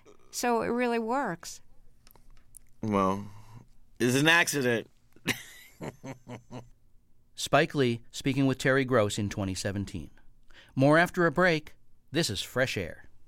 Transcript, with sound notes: So it really works.
Well, it's an accident (laughter)
Spike Lee speaking with Terry Gross in 2017. More after a break - this is FRESH AIR.